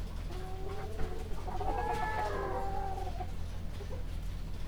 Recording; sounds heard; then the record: poultry house recording; healthy chickens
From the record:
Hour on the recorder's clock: 21